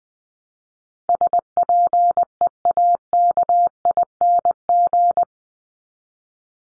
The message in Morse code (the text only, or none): SPEAKING